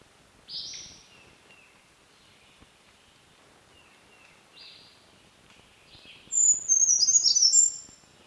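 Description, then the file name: Brown creeper song: a very high, thin phrase of quick, wavering notes near the end, after a few fainter slurred sounds earlier, over a faint background hiss. Song; subspecies Certhia americana nigrescens. "BRCR SONG TN - Brown Creeper - Certhia americana nigrescens"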